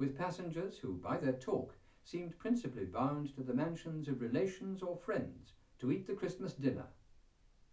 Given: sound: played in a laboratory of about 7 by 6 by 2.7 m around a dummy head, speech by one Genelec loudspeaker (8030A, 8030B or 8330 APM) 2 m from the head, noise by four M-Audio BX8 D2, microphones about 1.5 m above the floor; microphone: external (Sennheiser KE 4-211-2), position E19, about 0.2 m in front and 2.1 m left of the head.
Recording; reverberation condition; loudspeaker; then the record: male speech in English; low; 60 degrees to the right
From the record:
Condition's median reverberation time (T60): about 310 ms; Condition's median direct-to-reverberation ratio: about 3.5 dB